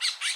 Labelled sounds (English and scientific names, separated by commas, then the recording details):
Brown-throated Parakeet (Eupsittula pertinax) contact call
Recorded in Bonaire
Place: just S of turnoff to Cai, near Lac Bay
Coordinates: 12.126, -68.239